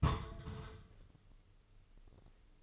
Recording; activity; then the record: daily activity, microphone in the room; place on stove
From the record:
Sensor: 4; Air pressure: 996.2 hPa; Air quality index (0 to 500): 75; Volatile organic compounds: 3 ppm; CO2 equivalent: 1404 ppm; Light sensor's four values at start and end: 16/44/16/17 and 16/45/17/17